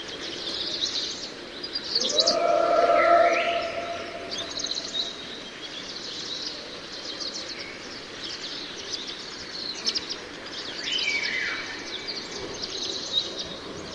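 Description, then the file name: Tristram's starling calls: a long, level whistle, then a rising whistled note, and later a falling whistle near the end, over constant high chattering from many birds. More than one bird. "tristam grackles birds"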